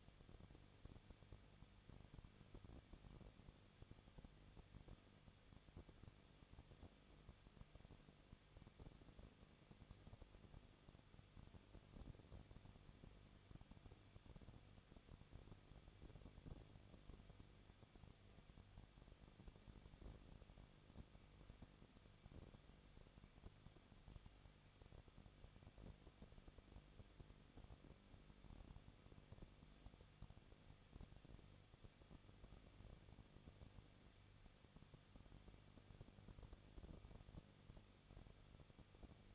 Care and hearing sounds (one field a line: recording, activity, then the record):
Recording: daily activity, microphone in the room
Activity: no activity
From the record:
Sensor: 4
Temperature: 23.1 degrees Celsius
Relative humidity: 34.5%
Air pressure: 1007.2 hPa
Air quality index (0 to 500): 215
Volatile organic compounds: 15 ppm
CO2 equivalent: 2490 ppm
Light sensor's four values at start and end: 2/3/1/1 and 2/3/1/1